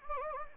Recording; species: mosquito wingbeat signal from an infrared sensor; Anopheles gambiae